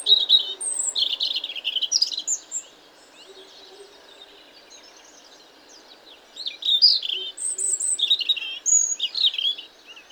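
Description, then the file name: European robin delivering high, sweet, warbling phrases of quick varied notes, a pause, then another tumbling phrase. "Erithacus rubecula"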